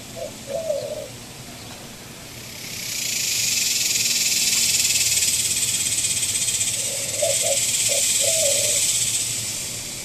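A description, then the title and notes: Locusts in an open field build a bright, dense buzzing that swells in from about two seconds and holds high and steady, easing slightly near the end. Low dove-like cooing calls sound near the start and again around seven to nine seconds. Locust swells in open fields - Odessa, TX, USA.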